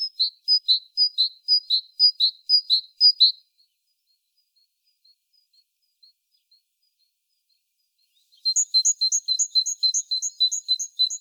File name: Parus major